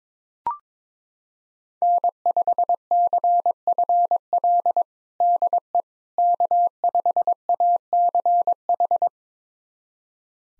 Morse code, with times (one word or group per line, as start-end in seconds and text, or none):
1.8-4.8 N5CFL
5.2-5.8 DE
6.2-9.1 K5ACH